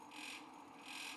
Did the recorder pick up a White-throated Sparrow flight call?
no